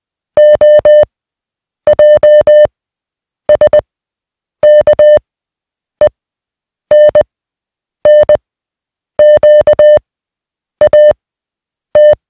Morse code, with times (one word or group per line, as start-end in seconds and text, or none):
0.4-1.0 O
1.9-2.7 J
3.5-3.8 S
4.6-5.2 K
6.0-6.1 E
6.9-7.2 N
8.1-8.4 N
9.2-10.0 Q
10.8-11.1 A
12.0-12.1 T